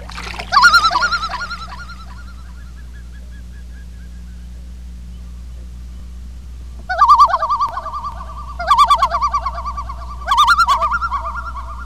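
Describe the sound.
Loon tremolo calls in separate bouts: a brief quavering laugh, a long pause, then three rapid wavering bursts in close succession, with faint steady hum beneath.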